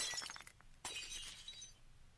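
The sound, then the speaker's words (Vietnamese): A thrown ceramic bowl smashes against a man's back with a bright crash, followed by a second sharp burst of scattering shards that tinkle and fade out over about a second. “Cái bát đập vào lưng thằng béo, vỡ đánh xoảng một tiếng, hết cả hồn.”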